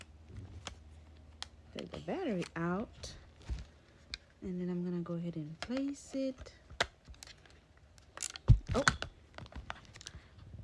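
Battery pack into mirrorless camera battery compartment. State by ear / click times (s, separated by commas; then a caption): not seated / none. Someone talks while trying to insert a rechargeable battery pack into the battery compartment of a Sony ZV-E10 mirrorless camera, with soft handling taps and light plastic knocks between the words. The battery pack fails to seat, and nothing has latched or clicked yet.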